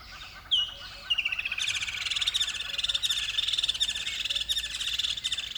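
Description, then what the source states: Bird song with rapid trilled, buzzy phrases around the upper-middle pitch, continuous after a sharp opening note, with softer chirps behind. Recorded at dawn by a river bed.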